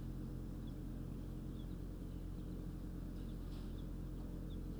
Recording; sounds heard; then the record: poultry house recording; healthy chickens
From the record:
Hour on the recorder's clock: 22